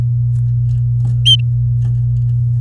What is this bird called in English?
Domestic Canary